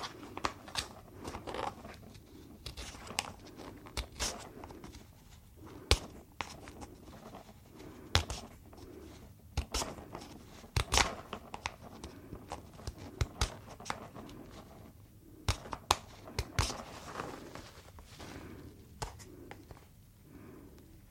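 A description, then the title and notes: Crinkly rubbing and snapping of latex gloves, with dense irregular crackles and sharp bright pops every second or two. ASMR - Super Tingly Glove Sounds - Latex Gloves, Cleaning Gloves, No Talking.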